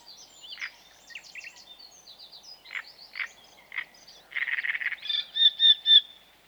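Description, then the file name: Great reed warbler song starting with thin squeaks and single croaks, building to a dense grating burst and a run of loud, strident repeated notes. "Grotekarekiet"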